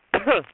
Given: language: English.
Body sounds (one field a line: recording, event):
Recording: throat vibration sensor signal played as sound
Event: cough